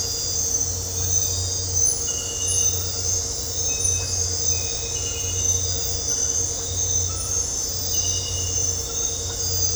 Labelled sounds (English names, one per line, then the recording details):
none
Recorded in dense forest near Puerto Asís, Putumayo, Colombia, on 9 March 2025 at 00:30
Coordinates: 0.468, -76.322
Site GP01